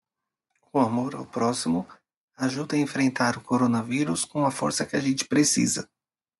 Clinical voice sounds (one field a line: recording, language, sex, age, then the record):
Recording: spoken sentence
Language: Brazilian Portuguese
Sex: male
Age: 30 to 39 years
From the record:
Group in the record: control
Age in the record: 35 years